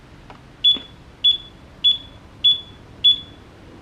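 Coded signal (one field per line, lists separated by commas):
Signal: none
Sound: wheel calibration confirmation beeps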